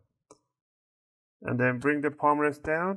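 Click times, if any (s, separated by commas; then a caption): 0.3 s. A flat flex ribbon cable, slid flat into its connector on an ASUS Chromebook C202s laptop motherboard, has the connector's locking flap pressed down, giving a faint, short click at 0.3 s as the latch locks and the cable seats. After a moment of silence, someone talks from about 1.4 s to the end.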